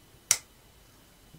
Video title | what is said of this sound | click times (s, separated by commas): Adrien Giovaninetti - Le Lombard... Symbiose aus Tradition und Moderne | The blade clicks into place. | 0.3 s